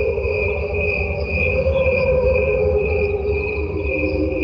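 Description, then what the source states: Cricket chorus in slowed form, a continuous high ringing tone above warbling mid-range bands and a low, rapid pulsing hum. Crickets slowed down electronically, heard together with crickets at normal speed; the slowed crickets sound like angels underwater.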